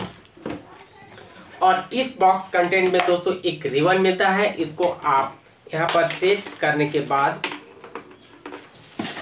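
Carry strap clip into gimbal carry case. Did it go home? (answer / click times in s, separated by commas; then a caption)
yes / 7.9 s. Someone talks while fitting the ribbon carry strap from the box of a Digitek DSG 005 3-axis gimbal onto its carry case. A sharp, short click at 7.9 s marks the strap clip locking onto the case, and it is seated.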